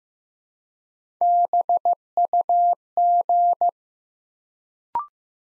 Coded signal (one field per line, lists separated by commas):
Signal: Morse code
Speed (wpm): 15 wpm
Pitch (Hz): 700 Hz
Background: none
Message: BUG